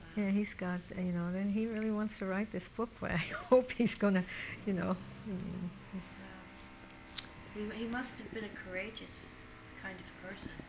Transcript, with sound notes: Yeah, he's got, you know, then he really wants to write this book. But I hope he's going o you know. [Laughs]
Wow. He must have been a courageous kind of person.